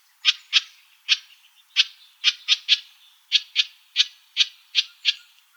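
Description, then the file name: House wren scolding with dry, buzzy chack notes, some doubled, spaced about half a second apart. Arizona, 6 March 2003. "HOWR CALLS 2 deviche"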